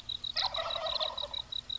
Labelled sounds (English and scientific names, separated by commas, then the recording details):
Wild Turkey (Meleagris gallopavo)
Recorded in Sonoma County, California